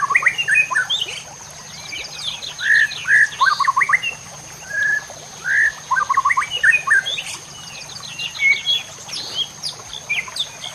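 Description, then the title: White-rumped shama song: varied bursts of whistled and chattering phrases, with rising and falling notes in short clusters. Masteran training song for caged birds. "MURAI BATU LABAIK"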